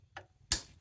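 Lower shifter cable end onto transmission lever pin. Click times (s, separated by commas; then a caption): 0.5 s. On a Suzuki Ignis, the lower shifter cable end is lined up and pressed onto its transmission lever pin. A faint tick at 0.2 s is followed by a sharp, loud snap at 0.5 s as the cable end seats on the pin. The second cable end is fitted and the job is done.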